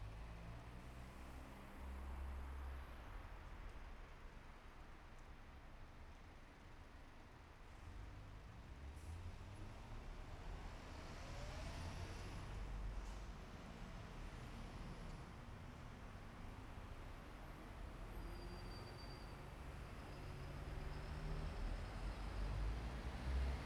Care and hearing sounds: everyday scene through a hearing-aid microphone; in traffic; traffic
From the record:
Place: bus stop on a city main road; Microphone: behind the ear, right, rear

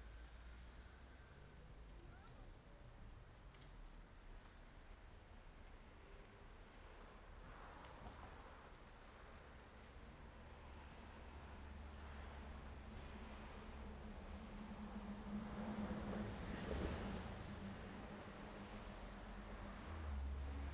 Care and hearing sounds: everyday scene through a hearing-aid microphone; in traffic; traffic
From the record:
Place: main road on the outskirts, rush hour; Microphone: behind the ear, right, rear

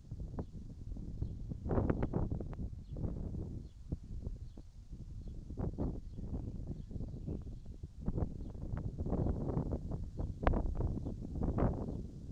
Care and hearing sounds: everyday scene through a hearing-aid microphone; wind on the microphone; wind, birds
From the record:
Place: in front of a rural house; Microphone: in the ear canal, right

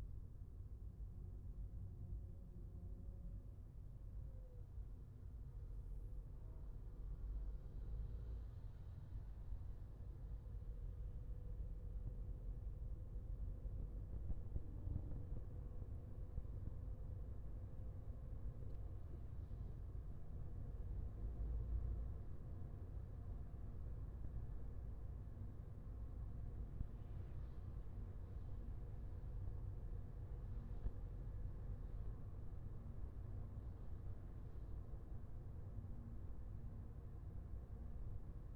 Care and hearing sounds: everyday scene through a hearing-aid microphone; in a vehicle; engine, highway driving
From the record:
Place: Skoda Fabia, gasoline engine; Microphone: behind the ear, left, front

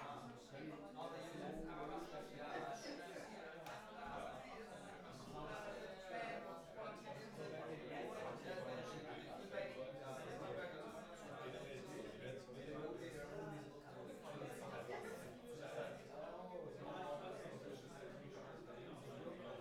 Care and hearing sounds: everyday scene through a hearing-aid microphone; many people talking; many voices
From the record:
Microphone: behind the ear, left, front

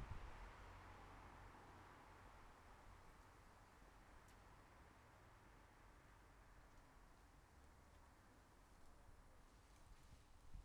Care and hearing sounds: everyday scene through a hearing-aid microphone; in traffic; traffic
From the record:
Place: bus stop on a city main road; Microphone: behind the ear, left, front

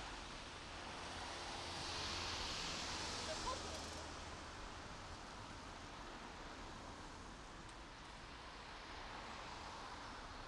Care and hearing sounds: everyday scene through a hearing-aid microphone; in traffic; traffic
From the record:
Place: main road on the outskirts, rush hour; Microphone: in the ear canal, right

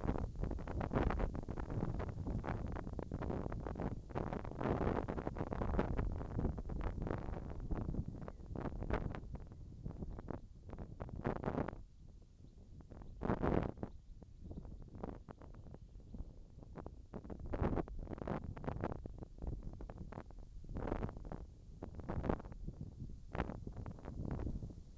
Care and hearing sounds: everyday scene through a hearing-aid microphone; wind on the microphone; wind, whistling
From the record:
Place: in front of a rural house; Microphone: in the ear canal, left

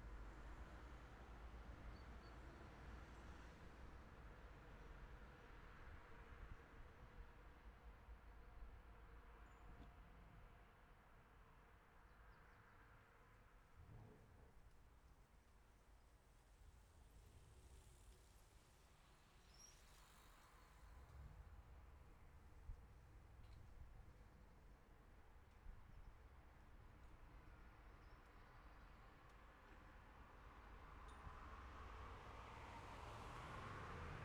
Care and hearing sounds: everyday scene through a hearing-aid microphone; in traffic; traffic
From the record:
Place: city secondary road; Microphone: behind the ear, left, front

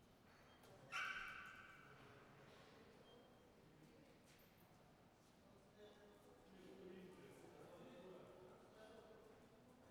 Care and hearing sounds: everyday scene through a hearing-aid microphone; reverberant space; barking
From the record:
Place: railway station hall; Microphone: behind the ear, right, rear

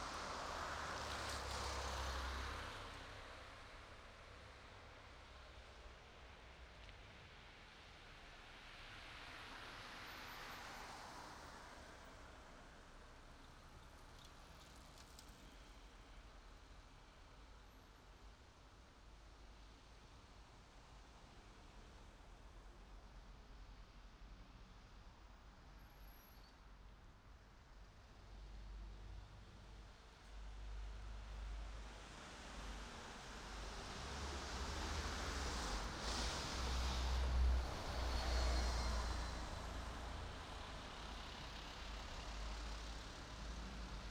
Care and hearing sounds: everyday scene through a hearing-aid microphone; in traffic; traffic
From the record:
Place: city secondary road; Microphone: in the ear canal, right

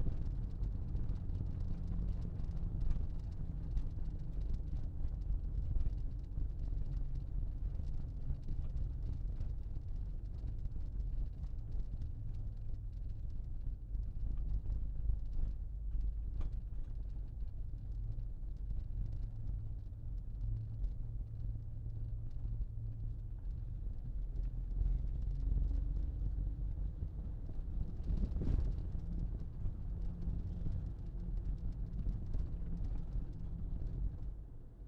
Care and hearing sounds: everyday scene through a hearing-aid microphone; in a vehicle; engine, rumble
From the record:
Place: Berlingo II, diesel engine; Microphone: in the ear canal, left

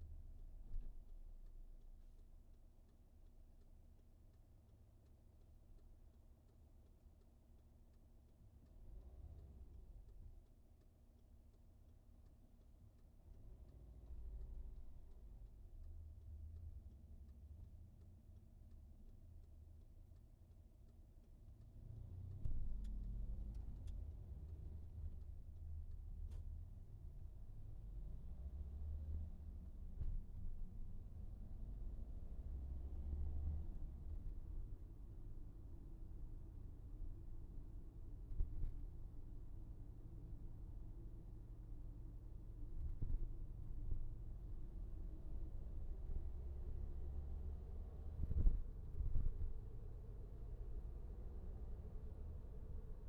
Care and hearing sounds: everyday scene through a hearing-aid microphone; in a vehicle; engine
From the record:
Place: VW T5 Caravelle, diesel engine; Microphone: behind the ear, right, front

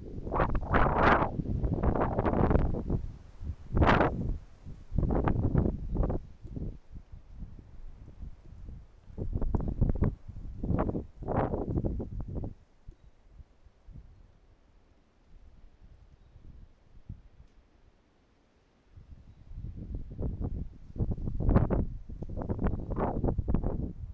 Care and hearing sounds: everyday scene through a hearing-aid microphone; wind on the microphone; wind, traffic, birds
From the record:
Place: suburban garden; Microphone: behind the ear, right, rear

